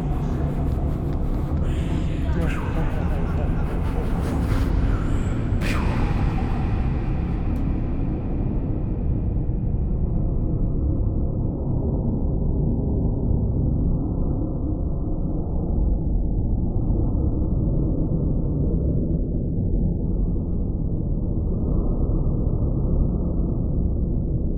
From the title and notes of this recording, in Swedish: Lite creapy spökljud från oss.